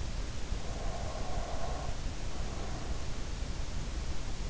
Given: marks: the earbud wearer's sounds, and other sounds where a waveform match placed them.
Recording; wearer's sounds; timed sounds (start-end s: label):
sounds in sleep by an in-ear microphone; breath
0.08-3.33 s: breath